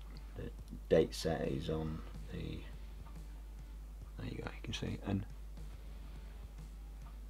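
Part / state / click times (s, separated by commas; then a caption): watch crown into watch case / not seated / none. A Spinnaker Boettger watch's crown is handled after setting the date, about to be pushed back in against the metal case, while someone talks quietly over low background hum with a few faint handling ticks. The crown has not clicked back down into the case yet.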